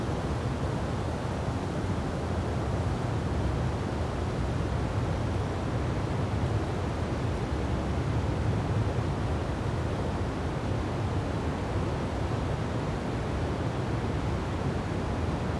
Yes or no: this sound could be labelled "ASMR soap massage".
no